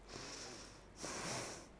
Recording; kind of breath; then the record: one breath in and out by a microphone near the nose and mouth; deep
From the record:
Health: marked as sick, illness not named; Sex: female